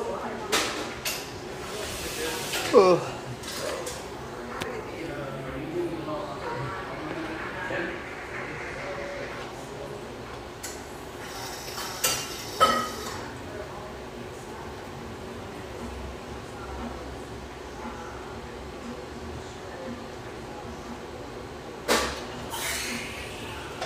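Café background of low, steady murmur with occasional voices rising above it. Sharp clinks and clatters break through near the start, around twelve seconds, and again near twenty-two seconds, over a constant low rumble that fills the whole recording.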